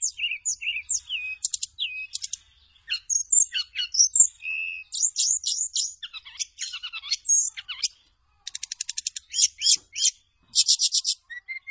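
Bird song, high whistles and chirps mixed with dense buzzy rattles and rapid repeated notes, phrases separated by brief pauses.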